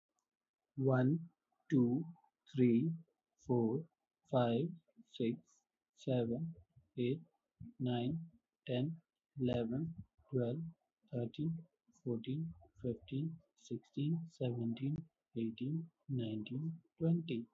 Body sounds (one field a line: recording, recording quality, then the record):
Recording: counting at a normal pace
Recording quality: excellent, no background noise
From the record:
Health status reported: healthy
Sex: male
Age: 21 years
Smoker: yes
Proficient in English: yes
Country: India